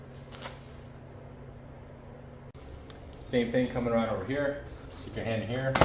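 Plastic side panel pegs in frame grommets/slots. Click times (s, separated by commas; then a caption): 0.4 s, 2.9 s. On a 2024 KTM 65 SX small motocross bike, the second plastic side panel is pulled off by hand during a seat height adjustment. Its two pegs pop out of their slots in the frame with sharp clicks at about 0.4 s and 2.9 s, releasing the panel. Someone talks over the last half of the clip.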